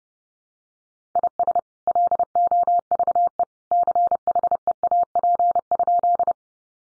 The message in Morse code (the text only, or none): IS LOVE CHEAP?